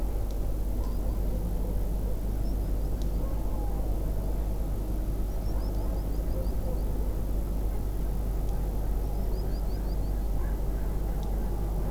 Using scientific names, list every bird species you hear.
Actitis hypoleucos